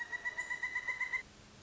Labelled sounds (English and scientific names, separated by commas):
Pileated Woodpecker (Dryocopus pileatus)